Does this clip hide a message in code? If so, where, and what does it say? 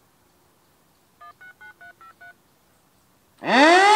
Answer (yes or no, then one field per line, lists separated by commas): yes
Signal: DTMF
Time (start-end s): 1.2-2.3 s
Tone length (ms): 130 ms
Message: 169353